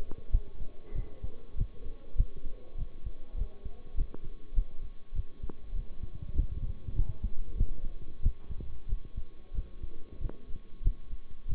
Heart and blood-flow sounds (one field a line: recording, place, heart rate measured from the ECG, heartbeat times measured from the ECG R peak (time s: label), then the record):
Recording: heart sounds by stethoscope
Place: between the tricuspid and mitral areas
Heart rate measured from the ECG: 97 bpm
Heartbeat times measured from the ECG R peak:
0.31 s: heartbeat
0.94 s: heartbeat
1.56 s: heartbeat
2.16 s: heartbeat
2.77 s: heartbeat
3.36 s: heartbeat
3.95 s: heartbeat
4.54 s: heartbeat
5.14 s: heartbeat
5.74 s: heartbeat
6.34 s: heartbeat
6.95 s: heartbeat
7.56 s: heartbeat
8.21 s: heartbeat
8.87 s: heartbeat
9.53 s: heartbeat
10.19 s: heartbeat
10.83 s: heartbeat
11.47 s: heartbeat
From the record:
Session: bicycle stress test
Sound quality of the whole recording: good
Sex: male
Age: 23 years